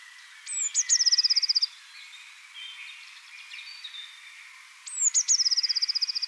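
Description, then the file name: Eurasian blue tit singing two phrases, each a couple of sharp high notes followed by a rapid silvery trill, with softer background bird sounds in the gap. "blaumeise"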